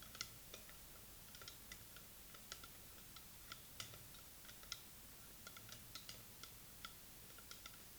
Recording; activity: daily activity, guitar pickup as the sensor; fry